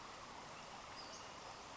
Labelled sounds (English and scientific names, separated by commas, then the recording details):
Western Flycatcher (Empidonax difficilis)
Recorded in Sonoma County, California